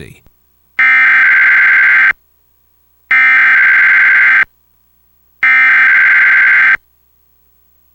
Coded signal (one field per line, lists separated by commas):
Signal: Emergency Alert System (SAME) tones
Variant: header bursts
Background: speech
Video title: EAS #348-351: 1 NWR and 3 EAS Required Monthly Tests- Oct. 17, 2019- 10:17AM PDT